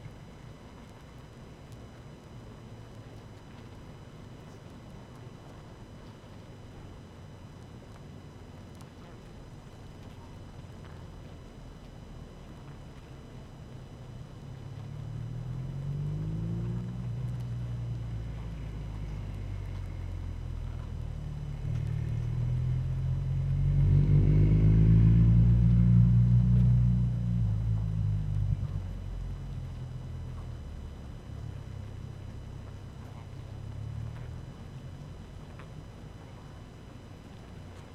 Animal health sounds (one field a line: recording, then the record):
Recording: honeybee colony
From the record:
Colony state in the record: active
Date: 12 June 2018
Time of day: 18:22